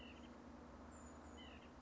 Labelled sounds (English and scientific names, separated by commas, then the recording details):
White-breasted Nuthatch (Sitta carolinensis)
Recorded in Sonoma County, California